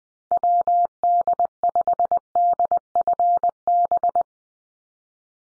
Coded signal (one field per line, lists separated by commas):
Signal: Morse code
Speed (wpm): 20 wpm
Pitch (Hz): 700 Hz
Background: none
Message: WD5DFB